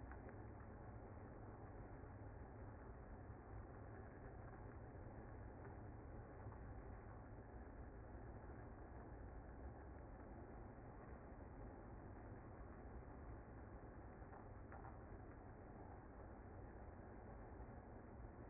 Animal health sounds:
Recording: honeybee colony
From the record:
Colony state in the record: active

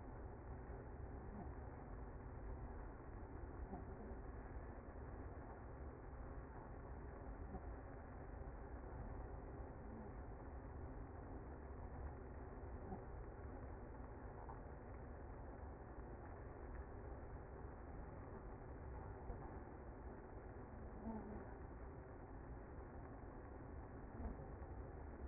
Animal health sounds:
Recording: honeybee colony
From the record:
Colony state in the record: active

